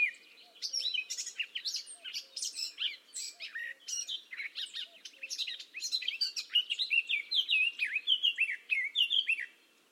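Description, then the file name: Eurasian blackcap song: a fast scratchy warble that turns into clearer, fluted whistled phrases near the end, with faint low notes underneath. "Sylvia atricapilla"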